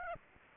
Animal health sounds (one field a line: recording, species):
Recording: mosquito wingbeat signal from an infrared sensor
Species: Aedes aegypti